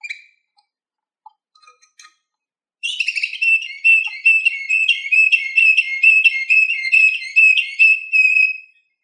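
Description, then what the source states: Canary song: a few faint scattered notes, then a long, fast, even trill of ringing whistled notes held at one pitch for about six seconds. Orpheus V3 canary recording.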